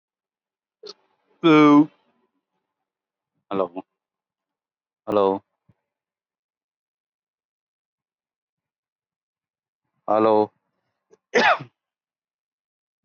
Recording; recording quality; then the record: shallow breathing; poor, much background noise or distortion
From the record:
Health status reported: COVID-19 positive, mild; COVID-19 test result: positive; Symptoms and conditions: none ticked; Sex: male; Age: 39 years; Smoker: not ticked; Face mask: not worn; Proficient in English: yes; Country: India